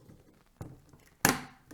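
The last memory stick is pressed into its DIMM slot on the motherboard, and its retention clip snaps closed with one loud, sharp click at 1.3 s. Softer taps come before it, and the stick is seated.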